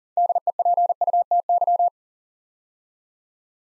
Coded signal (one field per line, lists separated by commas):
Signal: Morse code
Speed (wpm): 44 wpm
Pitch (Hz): 700 Hz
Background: none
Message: DEPUTY